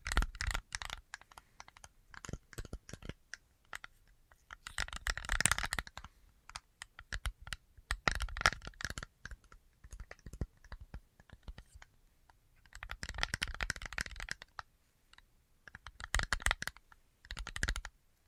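Tapping sounds come in clustered bursts of quick, sharp clicks, like fingertips rattling on a keyboard or hard surface. Dense flurries around 5, 8, 13 and 16 seconds alternate with sparser single taps and brief quiet gaps. The clicks are crisp and bright, with little low rumble.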